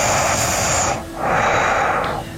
That's all nose. Some heavy nose breathing. Yeah, it's all nasal passage. It's got like an echoey quality to it. It sounds like a CPAP machine.